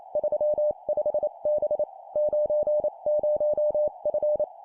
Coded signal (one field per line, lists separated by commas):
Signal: Morse code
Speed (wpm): 28 wpm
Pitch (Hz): 600 Hz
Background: none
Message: 35B 90F